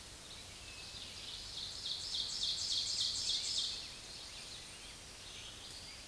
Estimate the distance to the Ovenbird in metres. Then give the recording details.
about 30 m. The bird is about 10 m above the microphone. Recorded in a Pennsylvania forest on 16 May 2024 at 07:06. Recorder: AudioMoth, point MSD-1539. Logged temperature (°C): 16.0 °C. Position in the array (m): 147 m, 6 m